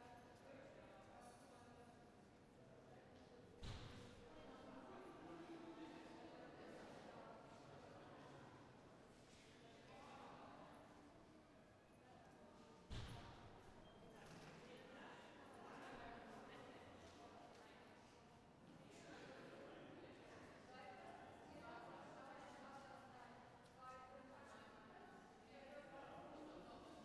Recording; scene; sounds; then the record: everyday scene through a hearing-aid microphone; reverberant space; background noise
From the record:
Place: railway station hall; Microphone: behind the ear, right, front